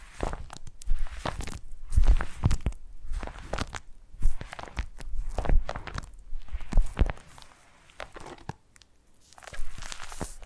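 Foam being squeezed and rubbed in a massage, heard as a run of soft crunching, crackling squeaks. The rubs come in irregular bursts about every half second to second, louder around two, four and five seconds, with brief quiet gaps near eight seconds.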